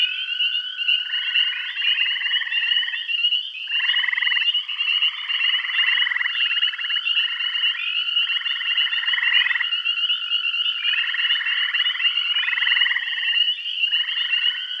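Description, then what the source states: Frog chorus of many overlapping pulsed, buzzy trills at mid-high pitch, steady and continuous with bursts starting and stopping throughout. Bath County.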